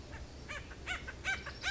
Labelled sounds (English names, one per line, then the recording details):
Acorn Woodpecker
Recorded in Sonoma County, California